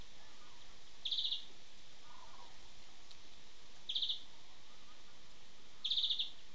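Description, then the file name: European greenfinch calling in brief, fast rattling trills, three short bursts spaced roughly two to three seconds apart against a constant low hiss. "Chloris chloris"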